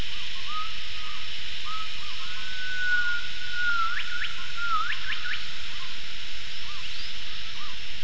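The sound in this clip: Gibbon calls: short hooked rising notes repeated throughout, a long level whistle in the middle and quick upswept notes, over a steady hiss of background noise.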